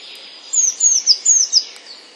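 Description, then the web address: Eurasian blue tit song: five high, thin, downslurred notes delivered quickly in about one second over a faint steady hiss. "wroblowe teka spiew. wroblowe teka modraszkoteka"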